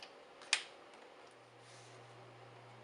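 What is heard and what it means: A plastic wiring harness clip is reconnected to the replacement motherboard of a Samsung refrigerator, with a faint tick at the start and a single sharp, bright click at 0.5 s. A steady low hum follows from about 1.2 s as the connector sits seated.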